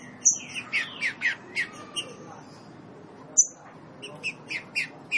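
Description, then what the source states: Green-winged saltator song in short whistled notes spaced by brief pauses, two sharp high clicks among them, over steady low background hiss. Classic song (canto clássico), for training.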